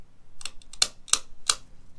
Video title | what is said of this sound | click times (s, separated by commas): Easy Jeep JKU Fuel Filler Door Install | clicks and now you can't get it off again and | 0.8 s, 1.1 s, 1.5 s